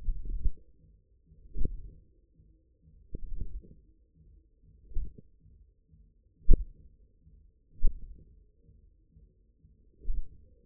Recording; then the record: forearm muscle sounds (acoustic myography)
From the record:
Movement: hook grip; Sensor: system 1, eight BSWA MPA416 microphones around the upper forearm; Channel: 5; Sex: male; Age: 54 years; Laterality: right